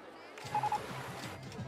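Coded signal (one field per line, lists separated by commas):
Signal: none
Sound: game sound beeps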